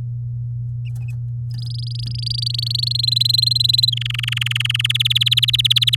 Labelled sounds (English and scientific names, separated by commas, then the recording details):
Domestic Canary (Serinus canaria) song
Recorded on 8 May 2018 at 10:43
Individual llb16